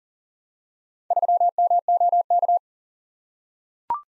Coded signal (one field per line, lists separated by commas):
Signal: Morse code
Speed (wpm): 39 wpm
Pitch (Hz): 700 Hz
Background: none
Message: 3MOK